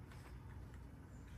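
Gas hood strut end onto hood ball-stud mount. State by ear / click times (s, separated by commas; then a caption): not seated / none. The lower end of an aftermarket gas hood strut for a 2024 Elantra N, with the thin rod side facing down, is handled as it is pressed toward its ball-stud mount on the hood. A steady low rumble fills the clip, with brief bursts at about 0.1 s and 0.7 s. Nothing has seated or clicked yet.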